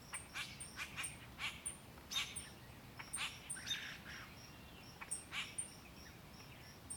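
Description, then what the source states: Birds giving irregular sharp chirps alongside thin high repeated whistles, with low background rumble throughout. Angry birds fighting, recorded in the countryside.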